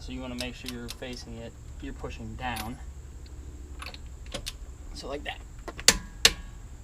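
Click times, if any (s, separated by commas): 5.9 s, 6.2 s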